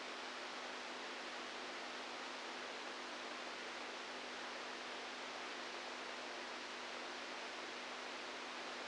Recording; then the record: brain microelectrode recording played as sound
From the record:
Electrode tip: inside the subthalamic nucleus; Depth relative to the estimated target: -1 mm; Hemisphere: right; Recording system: NeuroSet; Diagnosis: Parkinson's disease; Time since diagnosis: 10 years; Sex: female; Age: 67 years